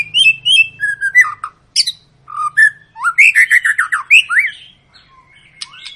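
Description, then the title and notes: White-rumped shama song: loud whistled phrases, rising and falling slurs and a fast series of repeated notes in the middle, over a faint low hum. Lure song (pancingan) meant to make birds sing; long, gacor-style singing. "Pancingan Murai Batu Gacor Panjang. muraiku"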